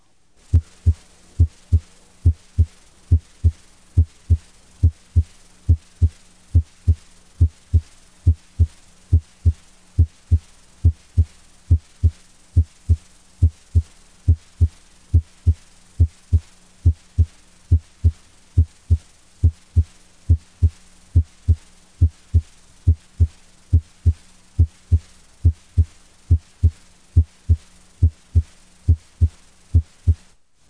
S1, mitral area. The duration of S1 is short, and its timing coincides with the beginning of ventricular systole. It just precedes a palpable carotid pulsation.